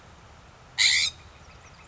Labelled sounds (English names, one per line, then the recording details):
California Scrub-Jay
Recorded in Sonoma County, California